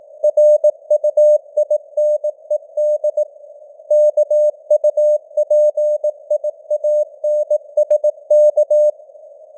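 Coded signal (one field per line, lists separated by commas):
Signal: Morse code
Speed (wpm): 18 wpm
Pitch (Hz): 600 Hz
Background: none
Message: RUINED KUPIANSK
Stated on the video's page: Morse code news headlines at 18 wpm with simulated radio noise and varying signal strength (QSB).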